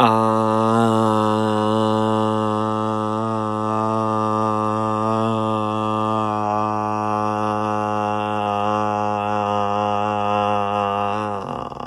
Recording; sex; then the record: sustained vowel /a/; male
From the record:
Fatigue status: no fatigue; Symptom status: asymptomatic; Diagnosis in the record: COVID-19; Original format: m4a